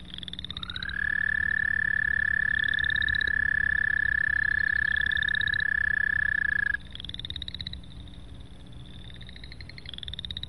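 American toad giving a long, steady, musical trill lasting about six seconds, while higher, shorter pulsed trills repeat throughout over a low background hum.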